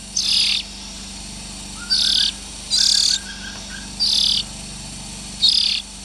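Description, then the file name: Oriental magpie-robin youngsters repeating short, broad, hissing rasps at uneven gaps, with faint thin whistled notes in the pauses. Young birds. "Tieng chim chich choe than non"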